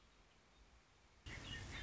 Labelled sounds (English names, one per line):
Red-winged Blackbird